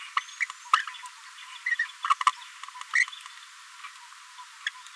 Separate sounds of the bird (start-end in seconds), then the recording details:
0.16-0.20, 0.40-0.46, 0.72-0.85, 1.66-1.75, 1.79-1.86, 2.04-2.15, 2.26-2.31, 2.93-3.06, 3.83-3.87, 4.66-4.70. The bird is a female. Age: 28 days. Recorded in a nest box in Venezuela. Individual 17B73B4